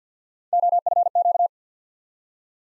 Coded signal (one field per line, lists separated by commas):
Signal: Morse code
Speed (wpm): 50 wpm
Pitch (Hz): 700 Hz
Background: none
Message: OFQ